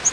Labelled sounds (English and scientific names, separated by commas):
Yellow-rumped Warbler (Setophaga coronata) flight call